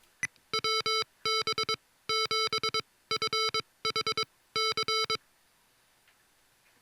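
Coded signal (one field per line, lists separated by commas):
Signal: Morse code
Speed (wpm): 20 wpm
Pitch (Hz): 1320 Hz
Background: music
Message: WB7FHC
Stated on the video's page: Morse sent by a Mr. Rags Macro Keyer kit, demonstrating its modes and special features.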